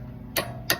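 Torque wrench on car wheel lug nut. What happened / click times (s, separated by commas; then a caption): The torque wrench clicked at its set torque / 0.4 s, 0.7 s. A torque wrench tightens a lug nut on a car wheel until it reaches its setting. Two sharp clicks ring out at 0.4 s and 0.7 s over a low background hum. This confirms the lug nut has been torqued.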